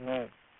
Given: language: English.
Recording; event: throat vibration sensor signal played as sound; speech